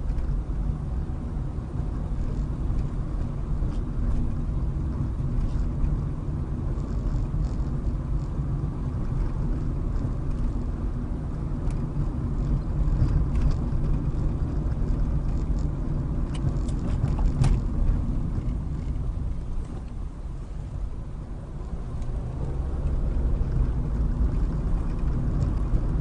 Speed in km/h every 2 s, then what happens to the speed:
24, 24, 26, 27, 27, 29, 29, 29, 21, 15, 16, 26, 32.
0-14 steady at about 27. 14-17 brakes to 15. 19-26 speeds up to 32.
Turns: none.